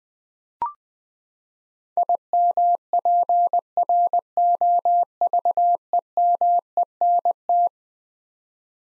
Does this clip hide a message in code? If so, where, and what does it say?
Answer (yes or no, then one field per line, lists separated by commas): yes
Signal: Morse code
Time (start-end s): 2.0-7.7 s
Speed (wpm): 20 wpm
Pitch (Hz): 700 Hz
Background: none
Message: IMPROVEMENT